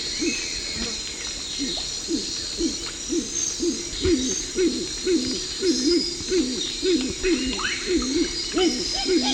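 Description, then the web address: Horned screamer calls, a fast run of low hooked honking notes, each rising then falling, with faint higher bird notes and steady background hiss. Recorded in the eastern lowlands of South America. "Natures Songs S America Eastern Lowlands. Horned Screamer"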